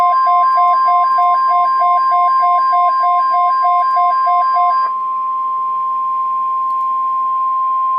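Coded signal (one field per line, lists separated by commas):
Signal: Emergency Alert System (SAME) tones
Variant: 1050 Hz attention tone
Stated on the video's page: Real severe thunderstorm watch alert captured from a livestream.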